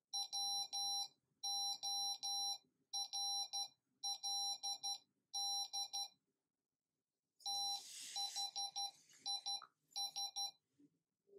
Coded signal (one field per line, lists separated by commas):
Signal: Morse code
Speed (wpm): 12 wpm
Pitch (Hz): 800 Hz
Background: none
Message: WORLD THIS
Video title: Arduino Morse Code Generator